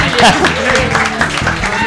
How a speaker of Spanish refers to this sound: Fuerte el aplauso para él.